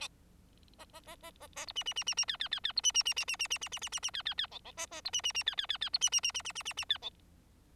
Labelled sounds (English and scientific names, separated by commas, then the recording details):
Bengalese Finch (Lonchura striata domestica) song
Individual Bird4